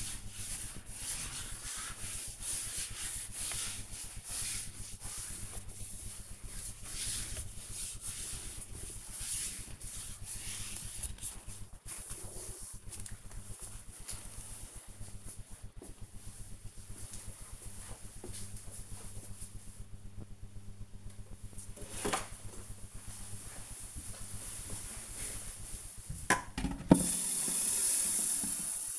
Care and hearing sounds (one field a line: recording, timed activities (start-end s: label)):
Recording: household activities, microphone on the right wrist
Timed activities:
0.00-12.05 s: window cleaning
21.10-28.99 s: watering plant